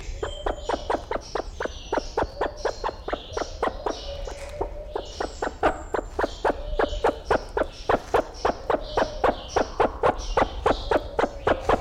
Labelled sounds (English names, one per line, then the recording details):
Great Argus call
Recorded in captivity
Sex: male
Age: adult
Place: Zoo Berlin, Berlin, DE
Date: 1994-03-05 11:38
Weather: heiter, 4°C, Windböen
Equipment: Marantz CP 430, Sennheiser ME 80, Kopie Uher Variocord 263
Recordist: Tembrock, Günter